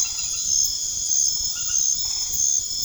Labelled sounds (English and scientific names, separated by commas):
none